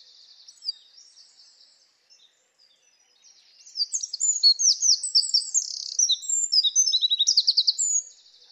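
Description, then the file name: Eurasian wren song starts after quiet faint twittering, then a loud, rapid stream of high trills and sharp notes runs for about four seconds. "Troglodytes troglodytes"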